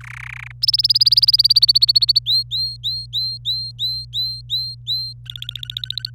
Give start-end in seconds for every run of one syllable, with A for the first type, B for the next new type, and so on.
0.01-0.51 A, 0.62-2.19 B, 2.26-5.13 C, 5.26-6.10 D